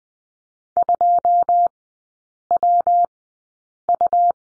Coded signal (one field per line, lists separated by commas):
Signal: Morse code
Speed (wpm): 20 wpm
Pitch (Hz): 700 Hz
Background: none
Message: 2WU